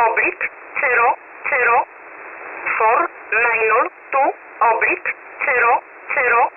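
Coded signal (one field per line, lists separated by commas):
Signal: numbers station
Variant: E11 Oblique, English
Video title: 28 08 2021 Number station E11 Oblique in English to Eu 0730 on 7377 unknown tx site in USB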